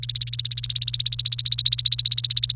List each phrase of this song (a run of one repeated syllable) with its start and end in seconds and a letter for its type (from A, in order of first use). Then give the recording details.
0.00-2.56 A. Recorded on 28 April 2018 at 15:26. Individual llb3